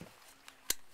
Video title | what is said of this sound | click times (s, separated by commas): RMH 2010 day one | get a click it's | 0.7 s